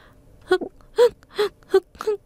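Someone sobs bitterly in five short, gasping bursts, each a shaky voiced wail with breathy catches between, rising and falling in an uneven rhythm.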